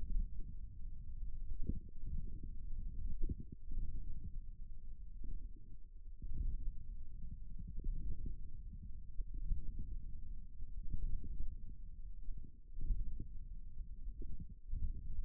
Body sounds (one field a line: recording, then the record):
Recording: forearm muscle sounds (acoustic myography)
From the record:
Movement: index flexion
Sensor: system 1, eight BSWA MPA416 microphones around the upper forearm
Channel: 8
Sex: male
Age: 41 years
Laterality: right